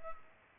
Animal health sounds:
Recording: mosquito wingbeat signal from an infrared sensor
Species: Culex pipiens

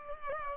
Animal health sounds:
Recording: mosquito wingbeat signal from an infrared sensor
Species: Culex pipiens

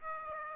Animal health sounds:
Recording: mosquito wingbeat signal from an infrared sensor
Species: Aedes aegypti

